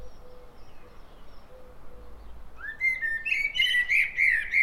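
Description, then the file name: Common blackbird calling: after a quiet start, a rising note breaks into a busy run of harmonic, chattering and squeaky notes lasting to the end, with faint low tones beforehand. "Turdus merula"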